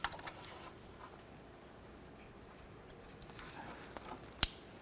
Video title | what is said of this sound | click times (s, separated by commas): How to Replace DownStream O2 Sensor 1993-1997 Ford Ranger | Make sure you can hear that audible click. | 4.4 s